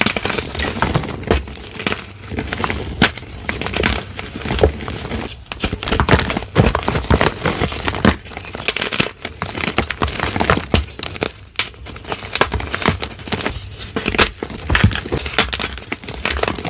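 Pink dyed gym chalk is crushed, with dense, irregular crisp crunches and crumbles continuing throughout.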